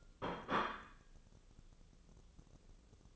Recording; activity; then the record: daily activity, microphone in the room; place plate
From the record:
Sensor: 4